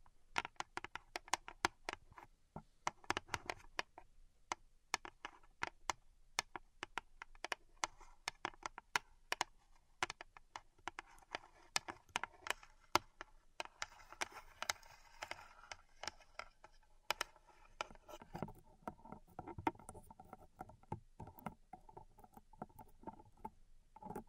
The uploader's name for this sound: Pink Salt Zen Garden Triggers